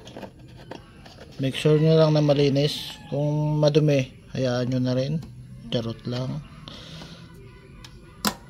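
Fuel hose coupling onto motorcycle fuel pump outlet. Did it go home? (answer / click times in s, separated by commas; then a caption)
yes / 8.3 s. A fuel hose coupling is pushed onto the outlet of a Honda Click motorcycle fuel pump while someone talks. After the talking, a sharp click at 8.3 s marks the coupling seating, and it is pushed fully home.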